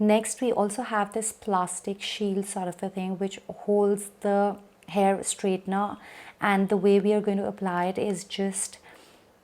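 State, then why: Not seated. A plastic protective shield is handled next to the semicircular end of a Dyson Corrale cordless hair straightener, ready to be pushed on. Someone talks throughout, and nothing has seated or clicked yet.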